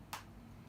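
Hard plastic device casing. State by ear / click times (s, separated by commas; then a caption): seated / 0.1 s. A Surface Duo 2 dual-screen phone is folded back to 360 degrees until the magnet pulls the two screen halves together. A single short, bright snap is heard at 0.1 s over a low steady hum. The halves seat shut and are held closed magnetically.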